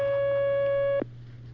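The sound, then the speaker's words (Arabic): A steady electronic telephone line tone holds one pitch for about a second as another caller's phone call connects, then cuts off abruptly, leaving a low steady hum underneath. “اتصال آخر.”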